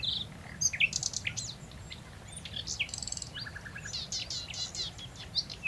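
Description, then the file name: Common nightingale song: rich, varied phrases of sharp high notes and quick slurs, with a short buzzy trill near the end, over low background rumble. "Luscinia megarhynchos"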